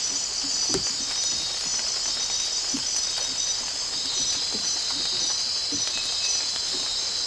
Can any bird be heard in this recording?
no